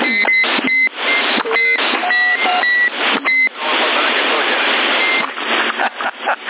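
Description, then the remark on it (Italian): Narrow, hissy CB radio audio from Sassari with static bursts, punctuated by several short electronic end-of-transmission beeps at differing pitches from similar CB sets as the channel keys on and off. “Oh, avete notato, abbiamo tutto il bip oggi, abbiamo tutti apparecchi simili, con quella scheda lì.”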